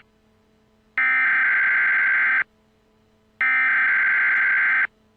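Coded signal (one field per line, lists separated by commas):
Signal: Emergency Alert System (SAME) tones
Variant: header bursts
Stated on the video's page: Fictional EAS scenario.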